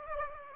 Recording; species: mosquito wingbeat signal from an infrared sensor; Aedes aegypti